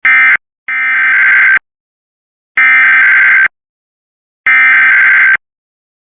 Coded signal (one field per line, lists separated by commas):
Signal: Emergency Alert System (SAME) tones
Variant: header bursts